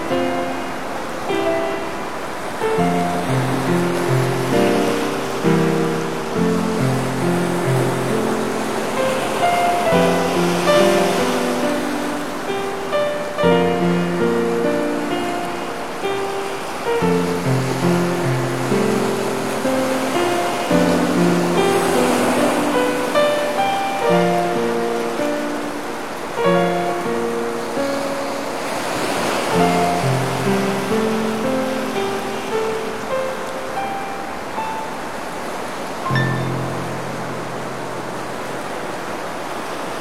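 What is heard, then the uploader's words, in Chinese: Sea and rain sounds form a steady, even wash of hiss that fills the whole 40 seconds. Over it, soft sustained tones move in slow chord-like blocks that change every second or two, with brief dips in level near 17 and 36 seconds. 海上的夜空。来自大自然下雨的声音，来自大海的声音。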